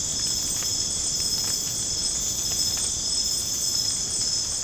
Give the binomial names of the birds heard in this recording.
none